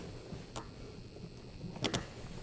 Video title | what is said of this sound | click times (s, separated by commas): Toyota Tacoma Remote start install | this is all clipped into place. | 0.6 s, 1.9 s